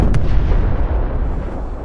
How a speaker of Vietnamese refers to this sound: Một tiếng nổ bừng dậy, sóng xung kích quét một vòng tròn, hất nước lẫn sình bùng văng đi.